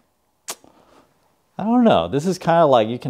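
Someone reclines the backrest of a SIHOO M18 office chair further, then pushes the recline lock lever in the backrest mechanism back in, and it locks into place with a sharp click at 0.5 s, followed by a faint rattle. After a pause, someone talks.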